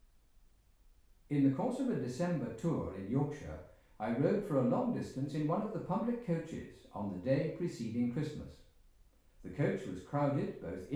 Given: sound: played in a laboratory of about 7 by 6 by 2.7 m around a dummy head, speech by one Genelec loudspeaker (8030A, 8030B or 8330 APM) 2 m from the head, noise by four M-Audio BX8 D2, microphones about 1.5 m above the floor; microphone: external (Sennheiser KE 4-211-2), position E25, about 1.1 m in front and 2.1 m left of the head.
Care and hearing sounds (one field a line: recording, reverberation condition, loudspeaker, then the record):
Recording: male speech in English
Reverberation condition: medium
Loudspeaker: 30 degrees to the left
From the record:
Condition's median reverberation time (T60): about 510 ms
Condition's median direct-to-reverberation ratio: about -0.5 dB